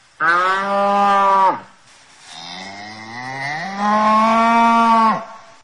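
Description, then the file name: Cow giving two loud, level moos with a quieter, rising lowing sound between them. "Vaca Mugindo"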